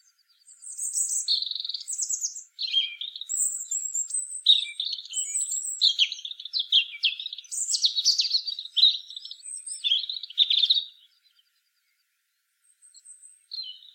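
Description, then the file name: European robin song of varied trills and bright high whistles, falling silent near eleven seconds before faint notes at the end. "Erithacus rubecula"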